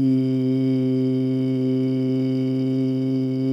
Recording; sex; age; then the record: sustained vowel /i/; male; 30 to 39 years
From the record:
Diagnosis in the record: healthy control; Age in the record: 35 years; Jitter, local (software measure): 0.43%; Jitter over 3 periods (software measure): 0.25%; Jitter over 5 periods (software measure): 0.25%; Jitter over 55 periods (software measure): 0.44%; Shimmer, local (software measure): 1.7%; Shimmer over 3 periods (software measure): 0.8%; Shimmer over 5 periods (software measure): 1.0%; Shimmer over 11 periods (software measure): 1.6%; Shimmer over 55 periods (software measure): 4.6%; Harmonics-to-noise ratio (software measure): 20.8 dB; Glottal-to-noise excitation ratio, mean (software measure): 0.92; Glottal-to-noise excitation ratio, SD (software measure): 0.024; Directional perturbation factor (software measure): 79.9%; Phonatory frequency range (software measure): 0.08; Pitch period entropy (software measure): 0.87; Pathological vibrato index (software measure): 0.27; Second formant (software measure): 2889 Hz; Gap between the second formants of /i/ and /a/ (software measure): 1654 Hz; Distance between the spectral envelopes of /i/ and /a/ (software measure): 12.9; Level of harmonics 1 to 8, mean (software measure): -10.2, -4.4, -13.3, -23.6, -30.5, -42.6, -44.6, -47.2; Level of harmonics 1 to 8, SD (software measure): 0.7, 1.2, 1.8, 1.3, 0.8, 2.0, 1.3, 2.7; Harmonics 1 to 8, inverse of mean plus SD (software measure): 0.092, 0.179, 0.066, 0.040, 0.032, 0.022, 0.022, 0.020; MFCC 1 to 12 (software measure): 3.5, 12.4, -3.9, -10.3, -6.5, -11.6, -1.8, -3.7, -3.4, -5.9, 5.2, -6.3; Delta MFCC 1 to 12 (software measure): -0.006, -0.011, -0.011, -0.025, 0.000, -0.004, 0.019, 0.035, 0.017, -0.009, -0.009, -0.007